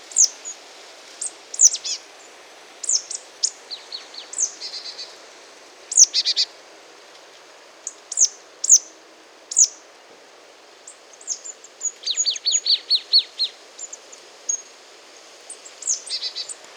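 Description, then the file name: Marsh tit calling: a series of abrupt, piercing high notes at irregular intervals, then a longer quick run of lower notes, and another sharp burst near the end. "Poecile palustris"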